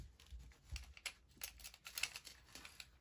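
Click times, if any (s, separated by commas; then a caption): none. A pistol barrel is being worked into the frame of an FN Browning Model 1922 .32 ACP pistol during reassembly, because it was not fully locked in. Quiet scraping and light metallic clicks and taps are heard, with sharper transients around 1.4 s and 2.0 s. Nothing has seated yet.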